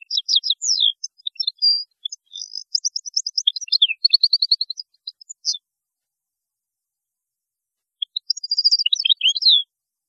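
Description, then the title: European goldfinch song: dense rapid twittering and a rattling trill for about five seconds, a long pause, then another short lively phrase. "Chant Chardonneret"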